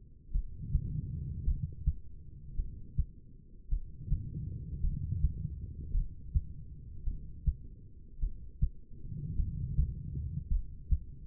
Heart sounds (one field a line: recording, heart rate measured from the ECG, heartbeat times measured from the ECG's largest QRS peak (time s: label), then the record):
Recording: heart sounds by stethoscope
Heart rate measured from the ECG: 53 bpm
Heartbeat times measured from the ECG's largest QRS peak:
0.32 s: heartbeat
1.44 s: heartbeat
2.56 s: heartbeat
3.69 s: heartbeat
4.81 s: heartbeat
5.91 s: heartbeat
7.04 s: heartbeat
8.20 s: heartbeat
9.36 s: heartbeat
10.48 s: heartbeat
From the record:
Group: heart failure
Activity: rest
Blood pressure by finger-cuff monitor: 88/60 mmHg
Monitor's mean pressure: 69 mmHg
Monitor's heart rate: 54 bpm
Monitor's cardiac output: 2.7 L/min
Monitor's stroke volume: 50 mL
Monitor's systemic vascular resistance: 1830 dyn s/cm5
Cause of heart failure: non-ischemic cardiomyopathy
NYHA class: 1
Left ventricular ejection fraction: 52%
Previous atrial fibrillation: present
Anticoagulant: apixaban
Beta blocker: bisoprolol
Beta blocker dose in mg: 10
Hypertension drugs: sacubitril-valsartan, spironolactone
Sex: female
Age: 68 years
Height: 169 cm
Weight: 71 kg